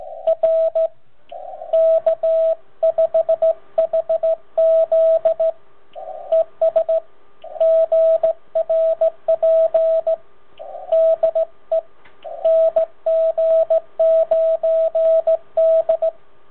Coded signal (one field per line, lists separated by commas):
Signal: Morse code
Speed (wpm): 16 wpm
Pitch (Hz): 650 Hz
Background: radio noise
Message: R K5HZ ES GRP DE NG9D